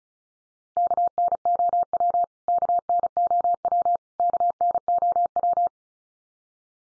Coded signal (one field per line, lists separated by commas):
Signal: Morse code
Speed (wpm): 34 wpm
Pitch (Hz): 700 Hz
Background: none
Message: KNOW KNOW KNOW